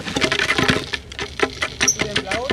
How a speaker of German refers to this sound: Und an der Wand ist ein kleines Rad. Das kann man drehen. Das ist dann quasi wie Würfeln. Da, ne? Wie Würfeln. Ne? Hier kannst du dann würfeln. Ich würfel mal.